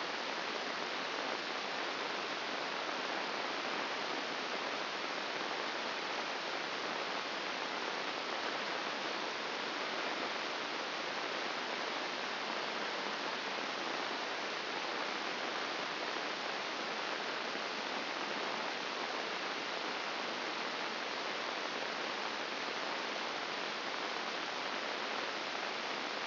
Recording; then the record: brain microelectrode recording played as sound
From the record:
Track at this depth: inside the subthalamic nucleus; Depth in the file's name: 4.302 mm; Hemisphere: left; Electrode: 2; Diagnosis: Parkinson's disease